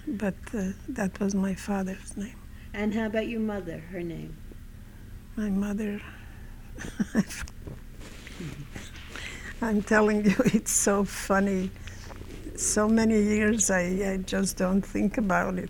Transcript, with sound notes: But that was my father's name.
And how about your mother, her name? ( she laughs )
I'm telling you, it's so funny. So many years, I just don't think about it.